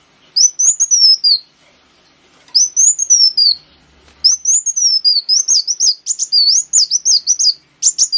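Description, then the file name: Sunbird song: high, sweeping whistled phrases sliding downward, then a longer run of rapid, jerky, up-and-down twittering notes near the end. Sunbird known locally as kolibri wulung, used as a lure (pancingan). "suara burung kolibri wulung pancingan"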